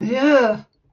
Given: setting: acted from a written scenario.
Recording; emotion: vocal sound without words; disgust